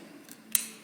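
A flexible plastic Clixo building piece from the Rainbow 42 Piece Pack, with built-in magnets, is pressed against another piece. After a faint tick around 0.3 s, its magnets snap it into place with a sharp, bright click at 0.6 s that fades quickly. The piece is seated.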